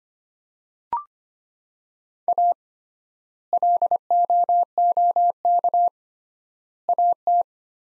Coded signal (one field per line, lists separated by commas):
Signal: Morse code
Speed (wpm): 25 wpm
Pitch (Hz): 700 Hz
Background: none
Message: A LOOK AT